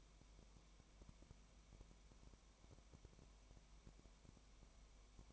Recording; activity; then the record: daily activity, microphone in the room; no activity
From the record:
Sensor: 1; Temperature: 19.1 degrees Celsius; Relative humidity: 34.1%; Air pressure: 1001.3 hPa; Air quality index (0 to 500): 83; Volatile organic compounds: 1 ppm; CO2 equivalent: 829 ppm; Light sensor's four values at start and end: 1/2/1/1 and 1/2/1/1